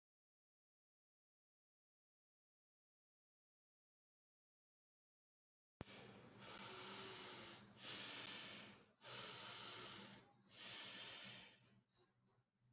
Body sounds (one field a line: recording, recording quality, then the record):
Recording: deep breathing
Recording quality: excellent, no background noise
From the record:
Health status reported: healthy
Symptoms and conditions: none ticked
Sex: male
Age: 31 years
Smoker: not ticked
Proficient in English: yes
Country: India